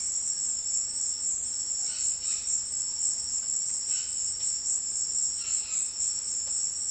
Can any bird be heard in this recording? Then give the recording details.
yes. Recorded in secondary vegetation near Puerto Asís, Putumayo, Colombia, on 21 February 2024 at 17:30. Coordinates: 0.472, -76.331. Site G6371